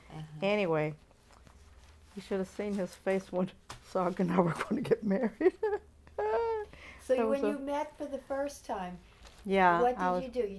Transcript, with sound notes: Anyway, you should have seen his face when Soc and I were going to get married! [Laughs]
So when you met for the first time, what did you do?